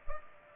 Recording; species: mosquito wingbeat signal from an infrared sensor; Culex pipiens